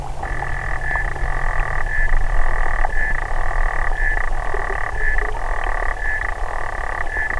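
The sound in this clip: Xenopus frog calls, long buzzy clicking trills separated by short breaks, repeating steadily over a strong low hum and rumble.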